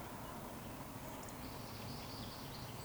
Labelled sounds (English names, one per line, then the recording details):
Eurasian Woodcock
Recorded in Baden-Württemberg, Germany, on 16 June 2020 at 19:35 UTC
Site 14569, 102 m above sea level